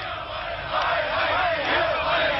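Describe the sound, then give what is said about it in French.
A large protest crowd chants and shouts together, calling "Stasi raus" (out with the secret police) while chasing off plainclothes police, a dense, loud roar of many voices that swells in rhythmic surges throughout. “Stasi Raos, dehors les policiers de la police secrète.”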